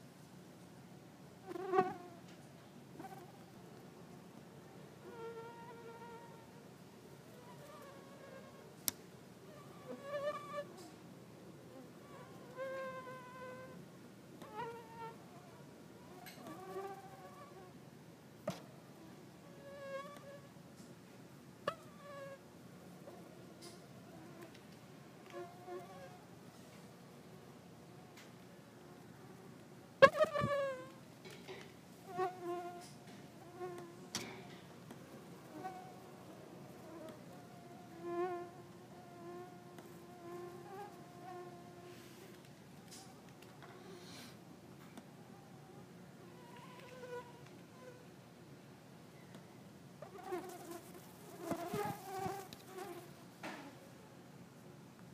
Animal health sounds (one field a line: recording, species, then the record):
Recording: mosquito flight sound by mobile phone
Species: Culex quinquefasciatus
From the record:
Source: SanMateoVCD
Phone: iPhone 4S